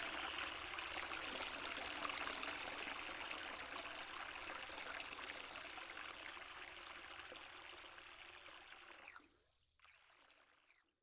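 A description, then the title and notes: A pool fills with a steady, dense rush of pouring water that fades slightly, stops abruptly near nine seconds, then briefly resumes before ending. Filling Up The Pool - Pleasant Water Ambience.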